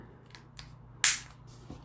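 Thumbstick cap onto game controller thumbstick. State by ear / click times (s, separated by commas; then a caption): seated / 1.0 s. A swappable thumbstick cap is pressed onto the thumbstick post of a DualSense Edge PlayStation controller. Two faint ticks come at 0.3 and 0.6 s, then the cap snaps home with a loud, sharp, satisfying click at 1.0 s. The cap is seated.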